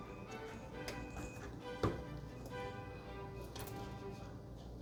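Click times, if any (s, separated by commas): none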